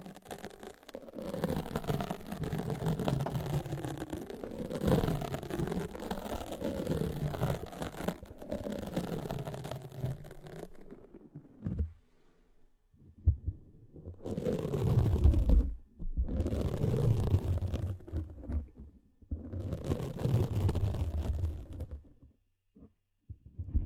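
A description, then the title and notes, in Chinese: Wordless ear cleaning: dense scratchy rubbing over a low wavering rumble, steady for eleven seconds, then bursts broken by short silences. 无人声采耳助眠。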